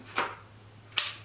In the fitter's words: There we go. So you just have to listen to that little click for it to be fully snapped in.